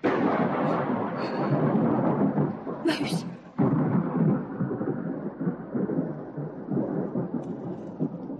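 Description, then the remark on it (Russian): A deep, rolling thunderclap from a thunderstorm with heavy rain rumbles continuously for several seconds, loud and low, with a brief crackle midway and a single word spoken beneath it. “Быстро крестится во время раската грома.”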